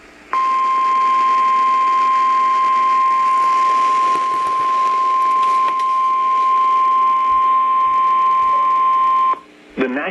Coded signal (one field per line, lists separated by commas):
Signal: Emergency Alert System (SAME) tones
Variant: 1050 Hz attention tone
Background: speech